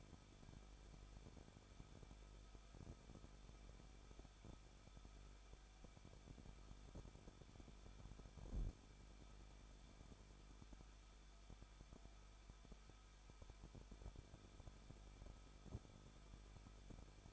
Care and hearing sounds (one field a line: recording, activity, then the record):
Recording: daily activity, microphone in the room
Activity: no activity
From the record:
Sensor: 5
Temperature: 20.8 degrees Celsius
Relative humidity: 38.3%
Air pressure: 1006.5 hPa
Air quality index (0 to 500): 186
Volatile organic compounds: 18 ppm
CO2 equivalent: 2604 ppm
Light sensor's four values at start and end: 2/3/1/1 and 2/3/1/1